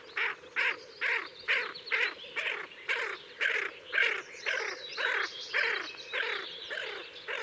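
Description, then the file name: Tufted duck rasping notes given in a fast, steady sequence of about two per second, overlapping whistled calls of other birds. "Kuifeend Aythya fuligula"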